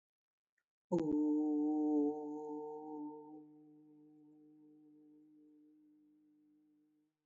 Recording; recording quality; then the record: sustained vowel as in boot; excellent, no background noise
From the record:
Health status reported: COVID-19 positive, mild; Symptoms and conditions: cough, cold, sore throat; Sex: male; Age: 22 years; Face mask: not worn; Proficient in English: yes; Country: India